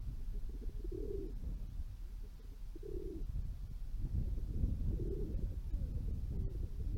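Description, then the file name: Dove producing a few muffled, low, burbling coo phrases spaced about two seconds apart, partly buried in continuous low-pitched rumble. Several doves cooing at a railway station square in Kaluga, Russia, recorded 28 July 2020. "Doves cooking at square of Kaluga-2 rail station"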